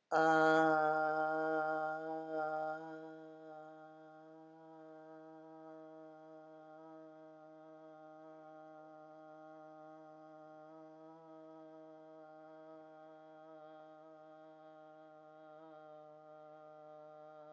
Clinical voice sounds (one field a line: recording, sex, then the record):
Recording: sustained vowel /a/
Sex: female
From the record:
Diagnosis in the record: healthy control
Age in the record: 69 years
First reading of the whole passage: 64 s, 7.9 characters per second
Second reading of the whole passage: 54 s, 9.5 characters per second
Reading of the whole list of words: 33 s, 8.4 characters per second